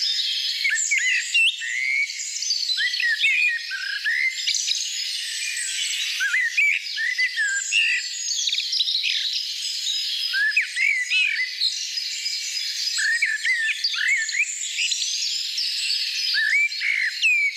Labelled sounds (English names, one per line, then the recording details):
Common Blackbird song
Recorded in the wild
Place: Lilienhof / Kaiserstuhl, Baden-Württemberg, DE
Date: 1989-04-16
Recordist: Schwarz, Dieter
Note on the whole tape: Song